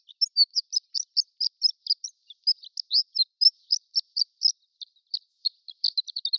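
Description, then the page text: Horned lark giving continuous high tinkling twitters, rapid varied chips running together and speeding up into a brief flurry at the end. Prairie subspecies of horned lark, giving extended twittering. "Prairie Horned Lark Extended Twittering. Quick Sounds library"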